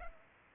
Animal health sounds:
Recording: mosquito wingbeat signal from an infrared sensor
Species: Culex pipiens

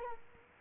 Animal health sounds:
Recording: mosquito wingbeat signal from an infrared sensor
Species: Culex quinquefasciatus

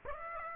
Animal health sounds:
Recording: mosquito wingbeat signal from an infrared sensor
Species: Aedes aegypti

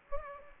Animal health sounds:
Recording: mosquito wingbeat signal from an infrared sensor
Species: Aedes aegypti

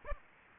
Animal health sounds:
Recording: mosquito wingbeat signal from an infrared sensor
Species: Aedes aegypti

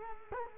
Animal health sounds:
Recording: mosquito wingbeat signal from an infrared sensor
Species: Culex quinquefasciatus

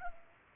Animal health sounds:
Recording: mosquito wingbeat signal from an infrared sensor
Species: Culex pipiens

